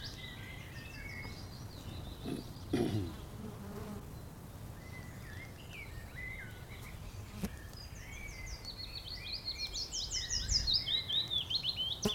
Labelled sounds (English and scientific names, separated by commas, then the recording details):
Willow Warbler (Phylloscopus trochilus)
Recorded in the wild
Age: adult
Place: Blankenfelde, Tegeler Fließ, Berlin, DE
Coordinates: 52.625, 13.404
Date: 1992-04-25 12:31
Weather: böiger Wind, 16-23°C
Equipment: Nagra SN, Mikrofon AKG CK 8, Kopie Tesla B 116
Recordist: Tembrock, Günter
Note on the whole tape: Fließtal bei Mühlenbeck: Gesang (2 Exemplare)